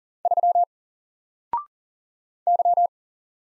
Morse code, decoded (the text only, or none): 3 Y